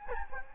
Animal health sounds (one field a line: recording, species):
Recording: mosquito wingbeat signal from an infrared sensor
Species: Anopheles gambiae